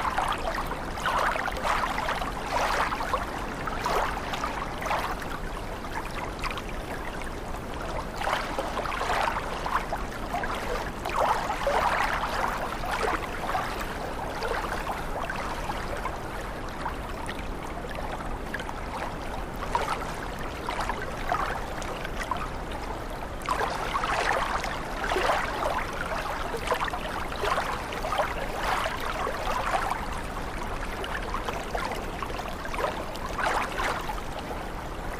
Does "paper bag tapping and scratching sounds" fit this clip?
no